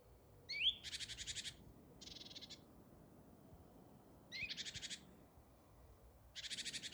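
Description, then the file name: Great tit calls: a quick rising whistled note followed by harsh, buzzy chattering bursts, repeated in several short bouts with quiet gaps between. "Parus major"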